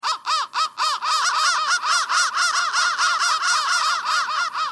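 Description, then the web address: Crow cawing: a fast string of many harsh, arched caws, separate at first and then running almost together. "soundfactory crow"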